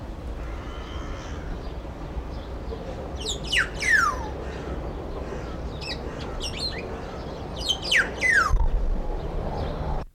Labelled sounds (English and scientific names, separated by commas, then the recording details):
Black-naped Oriole (Oriolus chinensis)
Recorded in captivity
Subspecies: celebensis
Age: adult
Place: Zoo Berlin, Berlin, DE
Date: 1994-03-26 11:06
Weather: 4-5°C, bedeckt, z.T. Regen
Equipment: Marantz CP 430, Sennheiser ME 80, Kopie Uher Variocord 263
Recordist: Tembrock, Günter